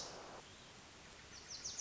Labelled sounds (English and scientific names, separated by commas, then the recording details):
Wilson's Warbler (Cardellina pusilla)
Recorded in Sonoma County, California